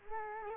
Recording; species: mosquito wingbeat signal from an infrared sensor; Culex quinquefasciatus